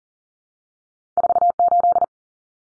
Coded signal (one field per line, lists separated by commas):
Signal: Morse code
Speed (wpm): 40 wpm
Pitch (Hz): 700 Hz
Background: none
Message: 48